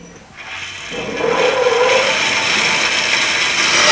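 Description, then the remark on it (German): After a brief quiet moment, a woodworking machine in a workshop is switched on to saw boards and quickly builds to a loud, steady whirring roar that keeps running, its lever springing straight back. “Ich habe die Maschine eingeschaltet und da ist der Hebel sofort zurückgesprungen.”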